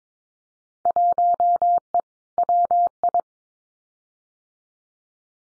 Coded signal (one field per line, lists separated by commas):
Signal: Morse code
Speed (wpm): 22 wpm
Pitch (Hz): 700 Hz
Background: none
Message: 1E WI